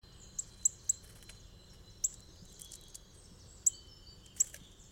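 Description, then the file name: Eurasian nuthatch calls: short, sharp, very high ticks given singly and in quick pairs, about six in five seconds, over a steady high hum and soft background hiss. "Sitta europaea"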